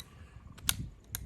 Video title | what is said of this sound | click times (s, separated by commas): Hot Seat Lite Relax Setup, use and disassembly video | then we can go ahead and just click these into place. Everything's clicked in place. | 0.7 s, 1.1 s